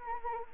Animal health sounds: mosquito wingbeat signal from an infrared sensor; Anopheles arabiensis

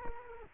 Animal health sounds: mosquito wingbeat signal from an infrared sensor; Culex quinquefasciatus

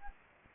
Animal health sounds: mosquito wingbeat signal from an infrared sensor; Anopheles gambiae

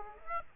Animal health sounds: mosquito wingbeat signal from an infrared sensor; Aedes aegypti

